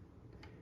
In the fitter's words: a little section in the back and then it snaps into place